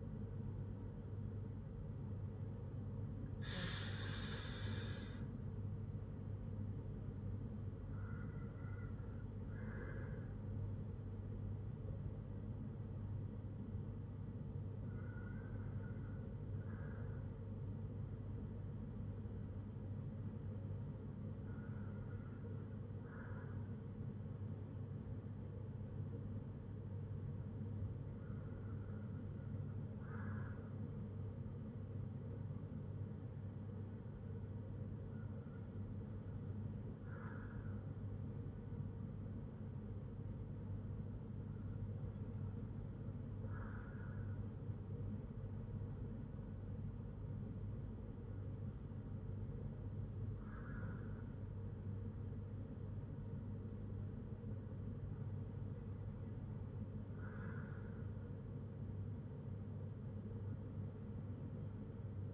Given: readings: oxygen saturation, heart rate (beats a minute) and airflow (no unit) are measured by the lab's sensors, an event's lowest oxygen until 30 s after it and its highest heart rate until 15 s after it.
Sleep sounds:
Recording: breathing in sleep by a smartphone at the bedside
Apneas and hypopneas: none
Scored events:
8.00-38.00 s: new sleep stage, N1 (lightest sleep)
38.00-62.34 s: new sleep stage, N2 (light sleep)
From the record:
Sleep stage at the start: N2 (light sleep)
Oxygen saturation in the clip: 93 to 95%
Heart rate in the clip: 54 to 83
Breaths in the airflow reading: 9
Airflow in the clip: -5.1 to 6.8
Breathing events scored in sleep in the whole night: 182 in 7.4 hours asleep

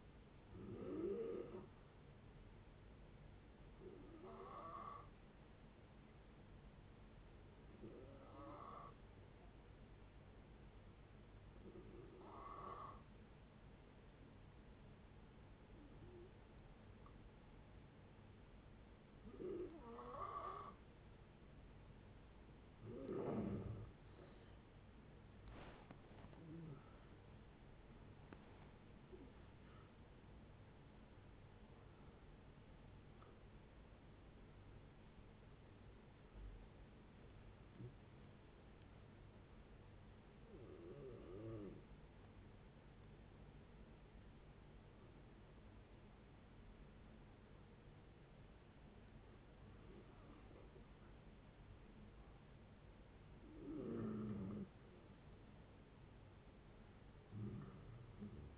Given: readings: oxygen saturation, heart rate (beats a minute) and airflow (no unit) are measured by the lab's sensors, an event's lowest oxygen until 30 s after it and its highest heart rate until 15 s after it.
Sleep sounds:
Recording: breathing in sleep by a voice recorder at the bedside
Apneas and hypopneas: 2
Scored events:
3.00-22.60 s: hypopnea (N2, oxygen 93% highest, then 90% lowest, heart rate 75 at the start, 82 highest)
28.00-58.58 s: new sleep stage, N1 (lightest sleep)
39.00-52.40 s: hypopnea (N1, oxygen 97% highest, then 90% lowest, heart rate 79 at the start, 79 highest)
From the record:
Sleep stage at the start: N2 (light sleep)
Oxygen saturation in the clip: 88 to 97%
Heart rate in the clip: 57 to 82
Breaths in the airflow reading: 15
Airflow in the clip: -15.9 to 16.8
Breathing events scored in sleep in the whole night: 496 in 5.4 hours asleep

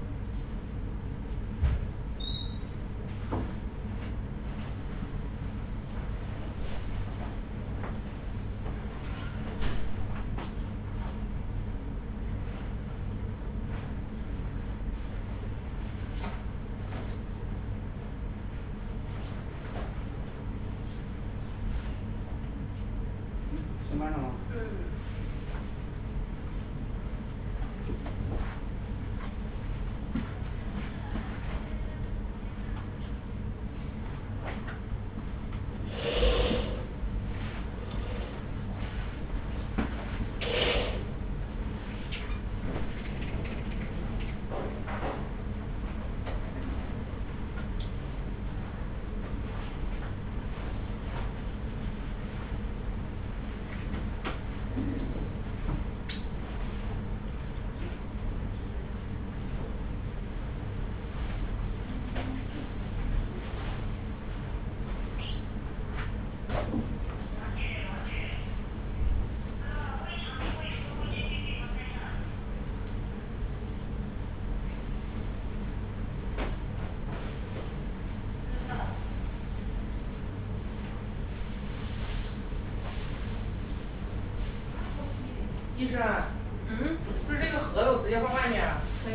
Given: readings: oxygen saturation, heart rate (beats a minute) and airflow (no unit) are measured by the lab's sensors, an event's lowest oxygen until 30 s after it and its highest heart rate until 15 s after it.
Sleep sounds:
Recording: a person awake in a sleep study, by a smartphone at the bedside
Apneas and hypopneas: none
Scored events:
0.00-89.14 s: awake
0.00-89.14 s: awake
From the record:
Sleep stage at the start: awake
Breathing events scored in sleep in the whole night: 210 in 6.9 hours asleep

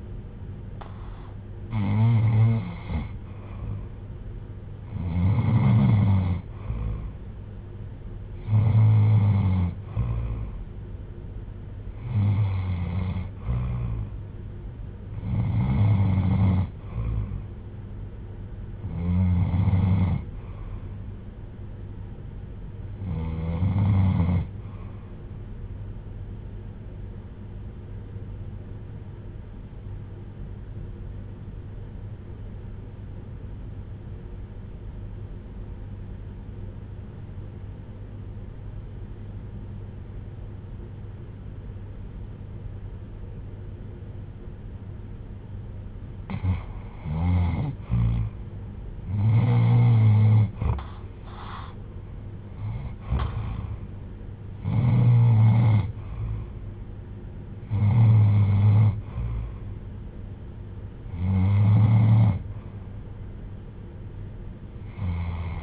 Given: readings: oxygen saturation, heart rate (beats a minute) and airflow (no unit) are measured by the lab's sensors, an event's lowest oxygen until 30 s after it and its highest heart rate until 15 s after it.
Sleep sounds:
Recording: breathing in sleep by a smartphone at the bedside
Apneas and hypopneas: 1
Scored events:
29.00-48.40 s: hypopnea (N2, oxygen 94% highest, then 79% lowest, heart rate 66 at the start, 77 highest)
From the record:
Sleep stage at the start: N2 (light sleep)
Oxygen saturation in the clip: 79 to 94%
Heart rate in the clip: 61 to 77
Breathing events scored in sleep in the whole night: 310 in 8.1 hours asleep

